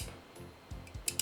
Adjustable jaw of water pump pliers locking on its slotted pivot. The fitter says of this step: it stops and locks in place